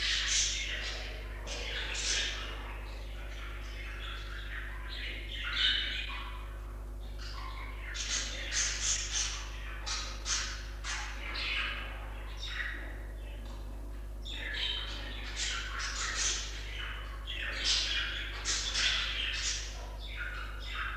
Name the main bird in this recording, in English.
Budgerigar